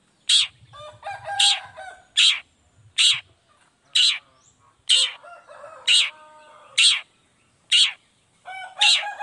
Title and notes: Langsung NYAUTTTTT ! Cendet Gacor Dor Di Kala Pagi Toet Toet Variasi Suara J. Cendet Gacor Langsung Nyaut Emosi Hanya dengan Sekali Putar Bikin Cendet Lainya Cepat Respon Bunyi. Burung cendet